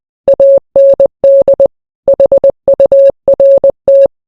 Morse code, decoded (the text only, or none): AND HURT